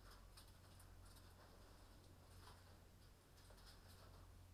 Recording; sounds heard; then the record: poultry house recording; no chicken sound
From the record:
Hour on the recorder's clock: 22